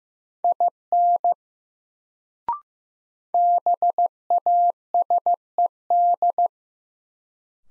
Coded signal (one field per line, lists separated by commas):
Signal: Morse code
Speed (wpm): 15 wpm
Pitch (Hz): 700 Hz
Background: none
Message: IN BASED